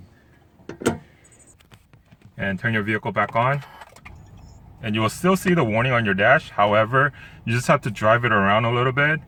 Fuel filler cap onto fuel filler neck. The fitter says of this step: to turn until you hear at least three clicks and turn